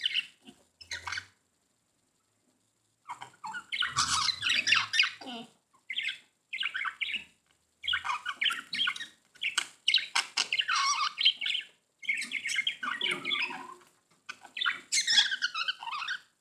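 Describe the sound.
Budgerigar chatter: dense scratchy warbling and squawks in long bursts, with a quiet spell near the start and brief pauses between phrases.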